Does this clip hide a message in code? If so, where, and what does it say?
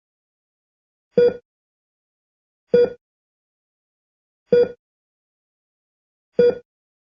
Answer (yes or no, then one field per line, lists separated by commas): no